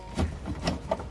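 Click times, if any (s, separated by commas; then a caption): none. On a Skoda Fabia 1.2 TSI engine, the blue hose's plastic quick-connect end is handled at its pipe stub, giving soft rustling with brief knocks near 0.2, 0.7 and 0.9 seconds. Nothing has seated or clicked yet; the clip ends just before the connector goes home.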